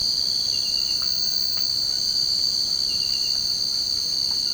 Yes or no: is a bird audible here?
no